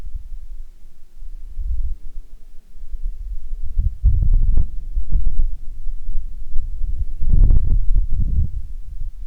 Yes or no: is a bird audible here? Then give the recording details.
no. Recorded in Ivvavik National Park, Yukon, on 30 June 2019 at 18:19. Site SINP09